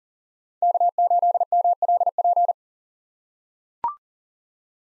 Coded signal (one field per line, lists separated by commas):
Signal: Morse code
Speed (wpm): 40 wpm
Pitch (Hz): 700 Hz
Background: none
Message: K8MLP